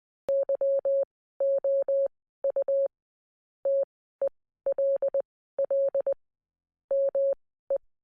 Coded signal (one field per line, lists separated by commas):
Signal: Morse code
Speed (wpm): 20 wpm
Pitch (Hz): 550 Hz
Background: none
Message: YOU TELL ME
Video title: Q36 | Can you read morse code?